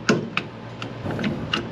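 A hanger hook for a garage wall organizer rail is pushed onto the wall-mounted track and locks into place with two sharp clicks at 0.1 and 0.4 seconds. Fainter ticks follow at 0.8, 1.1 and 1.2 seconds, then another sharp click at 1.5 seconds. The hook ends up seated and locked on the rail.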